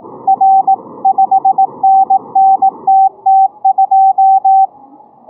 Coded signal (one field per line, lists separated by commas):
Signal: Morse code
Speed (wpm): 18 wpm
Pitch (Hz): 770 Hz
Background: none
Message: R 5NNTT2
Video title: Morse code contest simulator, Morse Runner,HL1LUA 20131122